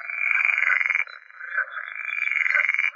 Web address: Pool Frog